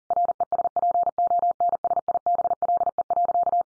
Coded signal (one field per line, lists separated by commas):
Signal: Morse code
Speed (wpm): 40 wpm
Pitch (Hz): 700 Hz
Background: none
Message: RESPONSIBLE.